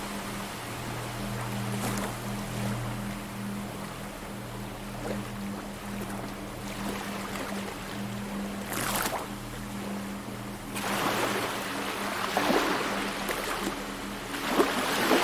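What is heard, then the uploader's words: Beach sounds: waves wash in and out in repeated surges, around the second, sixth, ninth and twelfth seconds, growing fuller and louder toward the end. Underneath runs a steady low droning hum, like a boat engine, that holds throughout. Mystery at the Beach: Exploring the Soothing Blend of Beach Sounds and Ambient Music.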